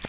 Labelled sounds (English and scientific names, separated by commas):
American Redstart (Setophaga ruticilla) flight call